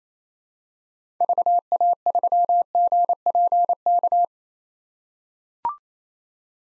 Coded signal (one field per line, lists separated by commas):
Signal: Morse code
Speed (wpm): 28 wpm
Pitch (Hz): 700 Hz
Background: none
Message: VA3GPK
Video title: 2023 POTA Activator Call Signs - 28wpm